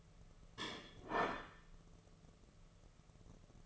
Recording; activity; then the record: daily activity, microphone in the room; place plate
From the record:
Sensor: 4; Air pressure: 1016.0 hPa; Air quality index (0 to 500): 208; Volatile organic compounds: 13 ppm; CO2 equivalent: 2394 ppm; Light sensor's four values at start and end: 13/30/12/12 and 14/32/13/13